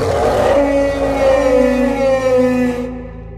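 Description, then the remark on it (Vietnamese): A giant blue wolf, leader of a wolf pack, gives a single long howl as it leaps off a cliff, holding a steady, mournful pitch for a few seconds, rising slightly before fading, over a low background rumble. “Đồng thời khi nhảy ra, nó phát ra một tiếng chu cực kỳ dài.”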